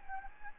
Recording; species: mosquito wingbeat signal from an infrared sensor; Anopheles gambiae